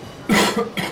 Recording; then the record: coughing mixed with background sound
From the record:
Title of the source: Man Coughing Sound - Wet Cough Sound Effect